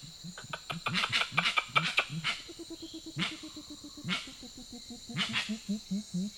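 Grey-winged trumpeter with low hollow hoots, then a faster series of higher notes, with a high buzz and scattered crackling clicks.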